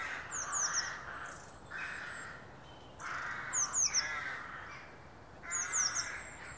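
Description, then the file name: Eurasian blue tit calling: thin, high, quickly descending notes in clusters of two or three, heard three times over background noise. "Cyanistes caeruleus"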